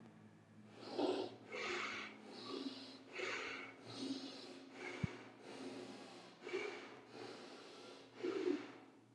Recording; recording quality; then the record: shallow breathing; excellent, no background noise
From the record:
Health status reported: healthy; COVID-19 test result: negative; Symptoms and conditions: cough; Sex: male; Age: 34 years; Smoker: not ticked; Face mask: not worn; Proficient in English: yes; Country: India